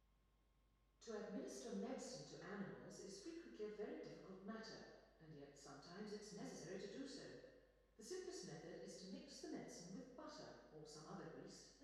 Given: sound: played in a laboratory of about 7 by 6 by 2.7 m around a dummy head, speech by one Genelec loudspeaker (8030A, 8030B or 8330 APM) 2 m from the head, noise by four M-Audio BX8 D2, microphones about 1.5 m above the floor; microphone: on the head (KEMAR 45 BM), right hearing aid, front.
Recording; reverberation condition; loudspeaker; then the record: female speech in English; high; 60 degrees to the left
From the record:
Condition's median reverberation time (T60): about 1300 ms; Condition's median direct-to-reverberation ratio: about -4.0 dB